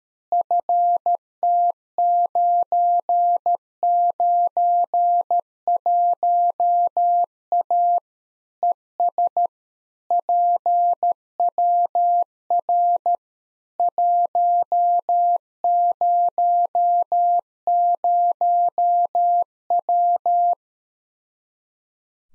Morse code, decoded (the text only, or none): FT991A ES PWR 100W